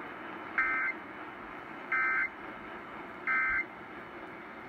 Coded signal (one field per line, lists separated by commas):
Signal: Emergency Alert System (SAME) tones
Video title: FIRST PDS TORR...IN FEBRUARY?! EAS Compilation (2/24/18) (EAS 556-565)